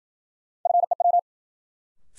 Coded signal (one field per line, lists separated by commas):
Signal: Morse code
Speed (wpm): 53 wpm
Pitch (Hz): 700 Hz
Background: none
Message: FEW